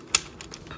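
A toy body section of a KFC E.A.V.I. Metal Phase 11A Stratotanker metal transforming robot toy, in tanker-truck mode, is pushed all the way through into the tanker chassis with its release button held, because it locks only loosely if pushed halfway. It seats with one sharp, bright click at 0.1 s, followed by fainter small ticks at 0.4 s, 0.5 s and 0.7 s. The part locks together securely.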